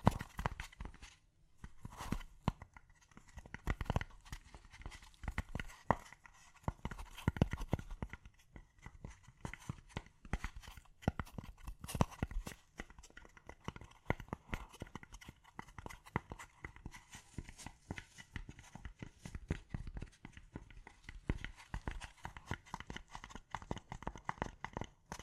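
Gentle tapping continues throughout, a steady stream of light, quick knocks with a hollow, clip-clop character. The taps come densely and slightly irregularly, with a few firmer hits around the first eight seconds, and a faint hum sits underneath.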